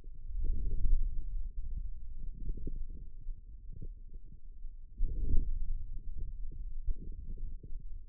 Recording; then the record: forearm muscle sounds (acoustic myography)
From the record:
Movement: ulnar deviation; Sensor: system 2, bracelet of six BSWA MPA416 microphones around the upper forearm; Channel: 4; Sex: male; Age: 22 years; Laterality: right